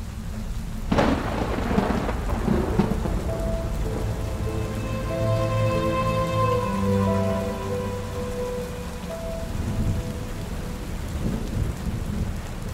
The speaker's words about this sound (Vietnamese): Trời đã về đêm, những cơn mưa nặng hạt bên ngoài cứ ồ ạt lao xuống dòng người tấp nập mà chẳng có dấu hiệu dừng, mang theo từng đợt sấm chớp dữ dội khiến cho lòng ngực con người ta vô thức sợ hãi.